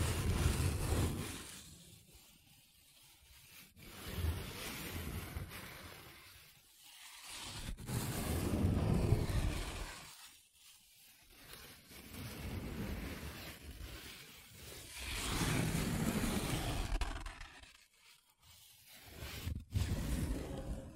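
Paper being rubbed and scratched in slow, swelling strokes, each lasting a few seconds with brief quiet gaps, rough and rustling throughout.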